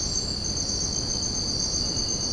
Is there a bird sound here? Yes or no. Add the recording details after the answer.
no. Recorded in secondary vegetation near Puerto Asís, Putumayo, Colombia, on 13 March 2025 at 04:30. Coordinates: 0.481, -76.318. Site G097